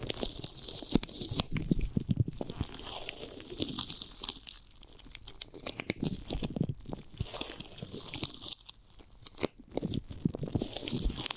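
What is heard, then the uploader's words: Chewing and biting into a giant gummy bear, with dense, irregular squishy and crinkly bites packed throughout. Sharp crunchy clicks and soft wet mouth sounds come in quick bursts, with brief quieter gaps around four to five seconds and near nine seconds. ASMR of a Giant Gummy Bear (No Talking).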